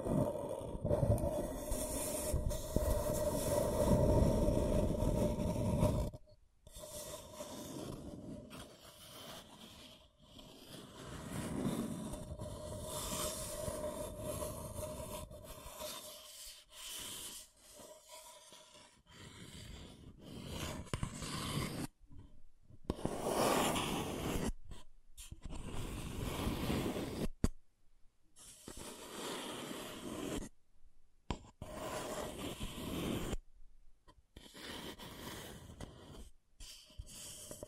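Scratching and tracing strokes come in irregular bursts, loudest and most continuous in the first six seconds, then broken into shorter rasping passes separated by sudden silences. A faint steady tone hums underneath at times, and the strokes sound dry and gritty.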